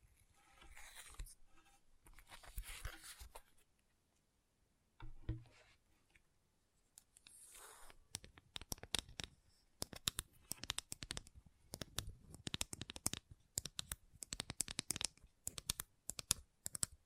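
Gentle tapping, quiet and scattered for the first eight seconds, with soft rustling bursts around one to three seconds and a brief pause near four. From about eight seconds the taps turn dense and rapid, sharp crisp clicks in quick uneven runs until the end.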